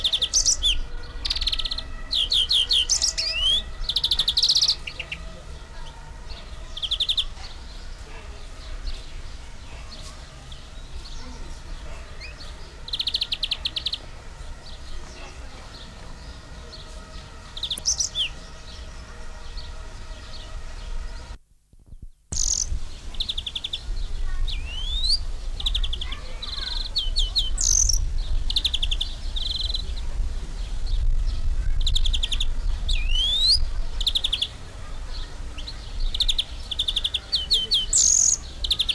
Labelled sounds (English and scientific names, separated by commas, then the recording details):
European Greenfinch (Chloris chloris)
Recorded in captivity
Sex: male
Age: adult
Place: Zoo Berlin, Berlin, DE
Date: 1999-07-03 13:00
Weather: fair, 25-27°C
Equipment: Sony WM-D6C, Sennheiser ME 80, Kopie Uher 4000 Report Monitor
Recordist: Tembrock, Günter